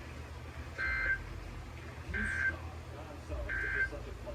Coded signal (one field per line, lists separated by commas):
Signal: Emergency Alert System (SAME) tones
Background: speech